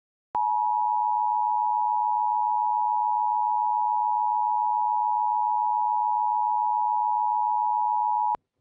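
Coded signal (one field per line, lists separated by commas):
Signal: Emergency Alert System (SAME) tones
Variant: 853 and 960 Hz attention tone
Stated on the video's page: Local area emergency alert for an endangered missing child, audio from radio station WJON.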